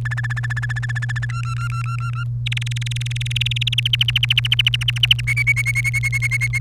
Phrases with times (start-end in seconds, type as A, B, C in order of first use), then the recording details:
0.05-1.25 A, 1.30-2.24 B, 2.46-3.96 C, 4.01-5.21 D, 5.27-6.59 E. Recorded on 1 May 2018 at 15:17. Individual llb3